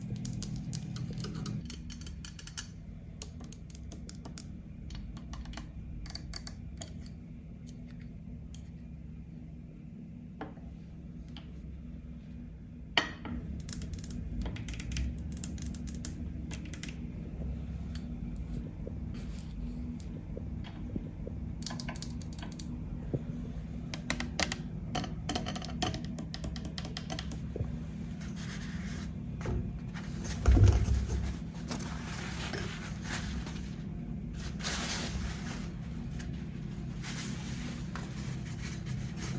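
Fingers tap and scratch on a camera lens in Berlin, producing dense, irregular clicks and scrapes that grow busier and louder after about thirteen seconds. A steady low rumble runs beneath throughout, and a heavy knock lands near the thirty-second mark.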